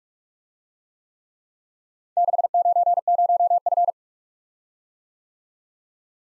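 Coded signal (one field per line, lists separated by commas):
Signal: Morse code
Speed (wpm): 44 wpm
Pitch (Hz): 700 Hz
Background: none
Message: 690F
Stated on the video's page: Four letter-number combinations in Morse, Speed-Racing practice format starting fast and slowing to a 30wpm base, with a final repeat at maximum speed.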